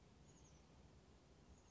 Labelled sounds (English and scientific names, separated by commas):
Oak Titmouse (Baeolophus inornatus)